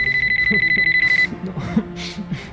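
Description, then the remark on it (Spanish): A mobile phone at home rings with a rapid, high-pitched electronic trill of steady, evenly spaced pulses for just over a second, then cuts off, leaving a low murmur of voices. “Al día siguiente, tras un emotivo funeral, agotado y aún llorando por la pérdida de su gran amor, vuelve a su casa, donde tras varias horas de llantos desconsolados, empieza a recibir llamadas en su teléfono móvil.”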